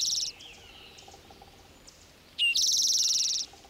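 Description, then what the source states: Spotted Towhee song: a brief high buzzy trill cut off at the start, then a short lower note leading into a second dry buzzy trill lasting about a second. Western form of the former rufous-sided towhee, officially split from the eastern form as a distinct species found in the west of North America.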